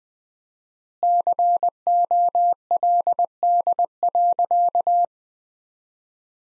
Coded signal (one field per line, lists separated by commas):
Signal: Morse code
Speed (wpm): 21 wpm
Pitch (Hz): 700 Hz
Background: none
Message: COLD.